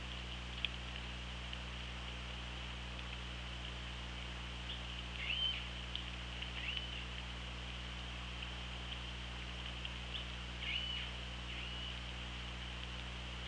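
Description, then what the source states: Orca calls underwater: three brief tonal upsweeps with a flat top, spaced several seconds apart, over a steady low hum and a hiss band from the hydrophone. Recorded by OrcaLab hydrophone, underwater, on 24 August 2017 at 18:42:13.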